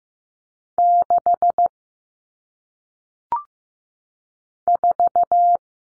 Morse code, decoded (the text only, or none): 6 4